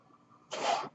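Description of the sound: A quiet pause gives way to a single short, hissing rush of air lasting under half a second, fairly loud and breathy with no voice in it. This is the airflow of a person's own home mechanical ventilator delivering a breath, a noise that recurs between his sentences.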